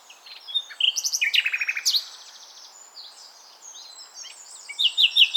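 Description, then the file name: Common nightingale singing a fast run of repeated high notes into a rattling trill, then quieter varied twitters and loud repeated notes at the end. "Luscinia megarhynchos"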